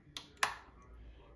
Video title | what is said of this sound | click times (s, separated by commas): Dorina 710 Overlock einfädeln und ausprobieren #dorina #overlock | Metallteil rein schieben und die macht klick und wenn klick macht dann haben wir gefäelt | 0.4 s